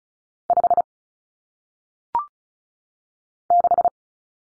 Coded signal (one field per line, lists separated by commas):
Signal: Morse code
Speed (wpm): 34 wpm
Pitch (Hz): 700 Hz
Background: none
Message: 5 6